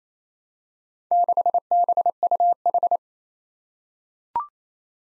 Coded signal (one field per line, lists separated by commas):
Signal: Morse code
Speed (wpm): 29 wpm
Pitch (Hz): 700 Hz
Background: none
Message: 6BUH